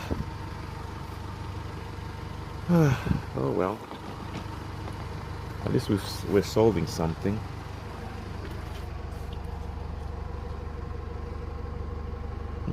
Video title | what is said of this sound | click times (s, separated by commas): Audi Issues S3 8L, air flow sensor. Episode 10 | got the same clips so I don't know why I didn't click on okay | none